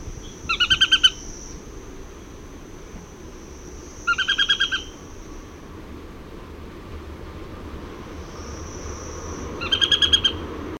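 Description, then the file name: Nariño tapaculo calls: three short bursts of rapid, stuttering notes, several seconds apart, with an intermittent high hum and low background rumble. "Scytalopus vicinior - Narino Tapaculo"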